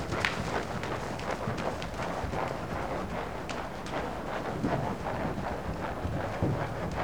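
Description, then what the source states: Horse moving at pace, with rapid muffled hoof thuds in an unbroken rolling pattern. One horse working in an indoor school.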